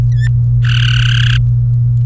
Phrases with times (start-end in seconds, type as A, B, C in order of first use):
0.12-0.28 A, 0.65-1.37 B